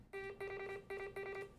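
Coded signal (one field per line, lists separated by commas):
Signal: Morse code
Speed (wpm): 26 wpm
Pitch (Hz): 2350 Hz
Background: music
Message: THIS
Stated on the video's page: Amateur radio re-creation of the first wireless transmission over land, between two university-area club stations.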